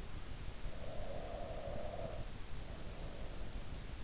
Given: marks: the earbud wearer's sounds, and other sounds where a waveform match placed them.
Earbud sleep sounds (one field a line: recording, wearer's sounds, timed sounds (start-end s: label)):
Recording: sounds in sleep by an in-ear microphone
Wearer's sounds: breath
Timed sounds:
0.63-3.37 s: breath